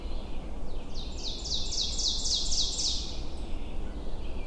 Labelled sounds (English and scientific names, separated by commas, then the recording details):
Ovenbird (Seiurus aurocapilla) song
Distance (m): 30 m
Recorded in boreal forest in Alberta, Canada, on 22 June 2016 at 08:52
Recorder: SongMeter 3, array SBT-6-76
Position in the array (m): 153 m, 119 m
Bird 3